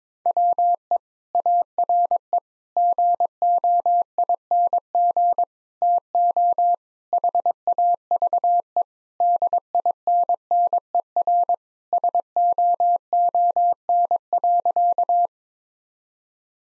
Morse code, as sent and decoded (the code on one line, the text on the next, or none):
.-- . / .- .-. . / --. --- .. -. --. / - --- / .... .- ...- . / -.. .. -. -. . .-. / ... --- --- -. .-.-.-
WE ARE GOING TO HAVE DINNER SOON.